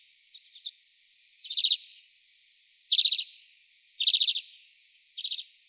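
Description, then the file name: Arctic redpoll calls: five buzzy, rattling chatter bursts, high-pitched, spaced about a second apart, with a faint hiss in the background. Russia. "Pticy Rossii - Pepelnaya chechyotka Acanthis hornemanni"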